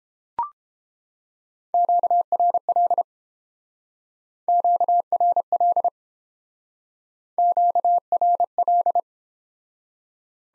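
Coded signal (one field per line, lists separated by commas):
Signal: Morse code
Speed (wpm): 29 wpm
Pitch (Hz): 700 Hz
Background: none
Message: QRL QRL QRL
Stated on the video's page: Morse practice set in speed-racing format, starting fast and slowing to a 22 wpm base speed, with the top speed 1.5 times the base and a final repeat at maximum speed.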